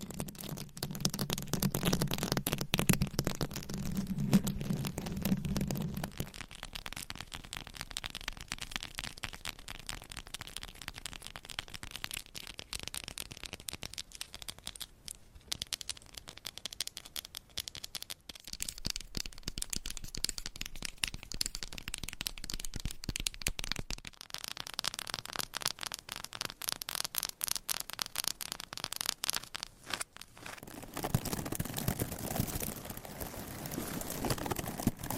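Scratching, tapping and massage sounds. Dense, rapid scratchy rubbing runs throughout, fuller and lower in the first six seconds, then thinner and brighter. The texture shifts at several points, with brief pauses near 18, 24 and 30 seconds before a heavier rubbing section closes.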